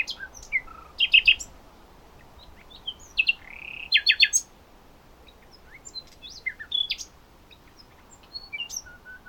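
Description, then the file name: Common nightingale: bird song in short bursts of rapid clicking notes and brief whistles, fainter and scattered, over a steady hiss of background noise. "Luscinia megarhynchos"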